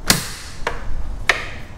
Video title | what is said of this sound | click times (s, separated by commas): The New 60V Toro Turfmaster HDX Is Insane! | just push it down until it clicks | 1.3 s